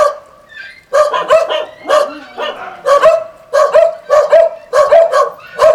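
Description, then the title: Dogs break into barking after a quiet second, then keep up sharp yaps in short groups until the end. Several dogs at El Borge. "Dogs Of El Borge"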